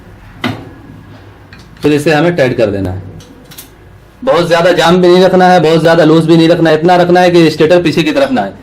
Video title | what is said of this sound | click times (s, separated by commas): ceiling fan winding machine complete guide part 1 in hindi Urdu | यहाँ इसे आगे की तरफ करके यहाँ पे एक छोटा सा कट बना हुआ है, ये कट जाकर यहाँ पे लॉक हो जाता है। | 0.4 s